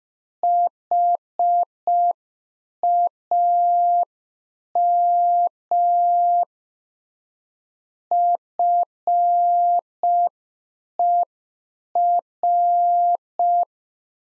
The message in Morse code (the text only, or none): HAM FER